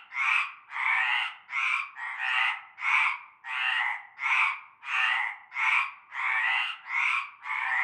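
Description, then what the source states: Frogs croaking together, a steady sequence of loud, grating calls, with no other sounds. Chorus heard from nightfall in a large concrete basin with a shallow layer of stagnant greenish water, Avenue Cante Coucou, Groupède, La Ciotat, Bouches-du-Rhône, France.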